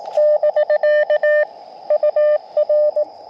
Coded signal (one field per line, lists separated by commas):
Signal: Morse code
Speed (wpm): 21 wpm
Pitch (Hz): 600 Hz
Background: none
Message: <BK> UR